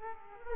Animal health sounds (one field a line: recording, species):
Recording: mosquito wingbeat signal from an infrared sensor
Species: Aedes aegypti